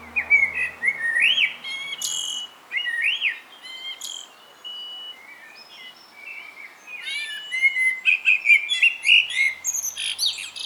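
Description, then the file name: Common blackbird song: several rich fluted phrases with thin high twitters, and a busier chattering burst near the end. "Turdus merula"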